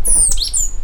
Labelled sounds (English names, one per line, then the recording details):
Stitchbird song
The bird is a male
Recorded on Tiritiri Matangi Island, New Zealand, in 2005
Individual 2, of nest box 2